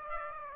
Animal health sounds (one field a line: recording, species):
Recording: mosquito wingbeat signal from an infrared sensor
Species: Aedes aegypti